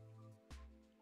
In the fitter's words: mount the pci express into the mod onto here click